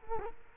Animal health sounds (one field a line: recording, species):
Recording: mosquito wingbeat signal from an infrared sensor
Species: Culex quinquefasciatus